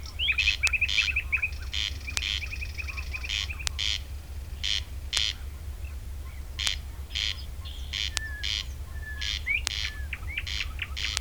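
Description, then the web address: Corn crake giving a dry, rasping double crex-crex, repeated steadily; other small birds chirp and trill, with sharp clicks and a low steady rumble. Recorded 3 June 2016. "fagelljud 20160603 kornknarr"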